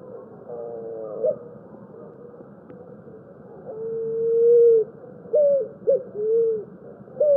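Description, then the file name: Picazuro pigeon cooing song: a buzzy, harmonic coo, then a long drawn-out tonal coo and several short rising-falling coos in quick succession over steady low background hiss. "canto do pombao"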